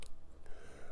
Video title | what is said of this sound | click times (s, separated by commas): Der Drehmomentschlüssel,￼ ein Muss für jeden E-Biker. Einsteiger Tipp Nummer 7￼ | du genau auf null restlos einmal halten jetzt eingerastet und | 0.0 s